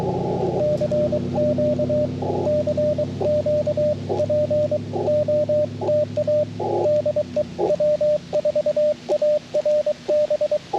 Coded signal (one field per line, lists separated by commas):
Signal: Morse code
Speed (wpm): 23 wpm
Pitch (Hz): 600 Hz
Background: radio noise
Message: CQ CQ POTA DE W4ARB